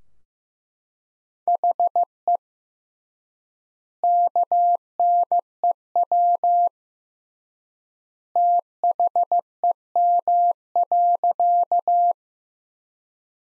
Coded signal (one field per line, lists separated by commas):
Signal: Morse code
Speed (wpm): 15 wpm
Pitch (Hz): 700 Hz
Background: none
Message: HE KNEW THEM.